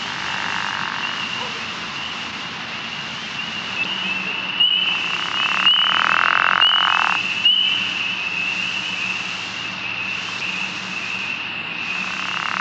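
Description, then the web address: True frogs calling in chorus: a steady high trilling buzz runs throughout, with louder lower croaking bursts around the middle and at the start and end. "frogs Family. Ranidae"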